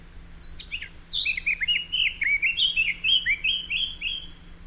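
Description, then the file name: Eurasian blackcap song: a few thin, scratchy high notes, then a loud run of clear, fluty, down-slurred whistles lasting about three seconds, with a faint steady low hum. "Sylvia atricapilla"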